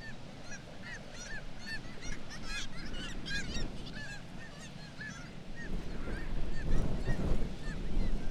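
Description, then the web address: Black-legged kittiwakes crying rapidly, dense bursts of harsh, nasal, bending notes in the first half, thinning later as a low rumbling roar grows louder. "Black legged kittiwake. کاکایی-پاسیاه"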